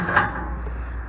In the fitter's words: The top locks in place, just like so right there.